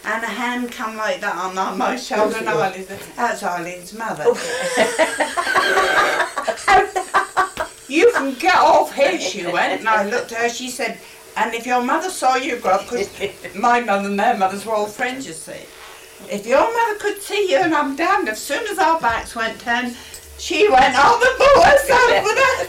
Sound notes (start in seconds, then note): 4.2 general laughter; 12.8 general laughter; 22.3 general laughter